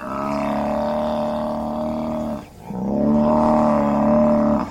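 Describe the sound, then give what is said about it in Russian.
A herd of extinct giant buffalo bulls, standing neck-deep in a river, with horns spanning up to 3 metres and weighing up to 2 tonnes, bellow in two long, deep, droning calls, loud and rich with harmonics, separated by a brief pause, with no talking over them. “Увидев их, быки заревели.”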